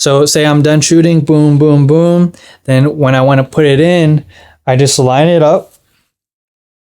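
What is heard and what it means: Someone talks while lining up a camera base plate on an a7c Mark I with a small rig plate and 24-70 GM2 lens, about to slide it into a strap- or belt-mounted Peak Design Capture Clip V3 quick-release clip. Only speech is heard, with brief pauses and silence near the end. Nothing has seated or clicked into the clip yet.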